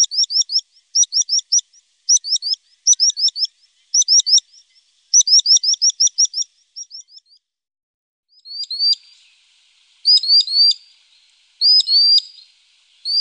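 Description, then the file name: Common sandpiper giving high, thin piping notes in quick bursts, then after a brief silence a few longer notes. "Drillsnappa"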